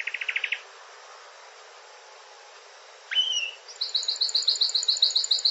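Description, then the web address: Canary song: a quick buzzy trill, a pause, a sharp rising whistle, then a fast, bright, even trill of repeated notes. "wroblowe kanarki"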